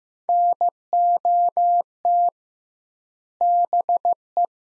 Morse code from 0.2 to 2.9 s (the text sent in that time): NOT